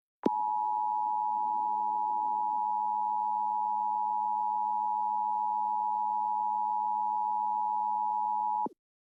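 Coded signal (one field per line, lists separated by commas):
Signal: Emergency Alert System (SAME) tones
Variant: 853 and 960 Hz attention tone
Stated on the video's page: Fictional EAS scenario, not a real alert.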